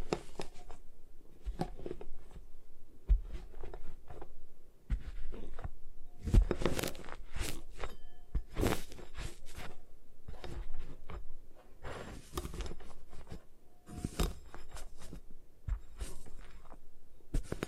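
Gym chalk being crushed and broken apart, with repeated scraping, crumbling and crunching sounds. Short bursts come every second or so, the sharpest and brightest around six to seven seconds and again near twelve. Between bursts there is quieter rustling and a low thump or two.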